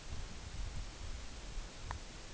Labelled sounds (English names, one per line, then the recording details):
none
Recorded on Arctic tundra, site NAIT-1, on 24 June 2019
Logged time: 14:00